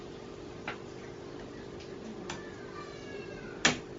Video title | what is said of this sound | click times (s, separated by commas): Mining Rig Build for Beginners | you should hear it lock into place the | 3.7 s